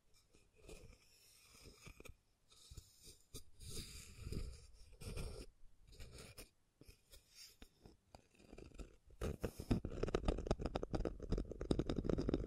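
Scratching and tracing sounds come in short, uneven rasping strokes with gaps, then turn denser, louder and continuous from about ten seconds on.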